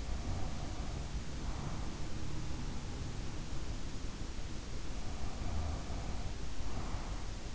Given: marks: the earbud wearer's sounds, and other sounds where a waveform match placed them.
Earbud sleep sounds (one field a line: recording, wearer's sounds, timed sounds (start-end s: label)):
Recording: sounds in sleep by an in-ear microphone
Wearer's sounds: breath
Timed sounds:
0.00-2.02 s: breath
4.94-7.29 s: breath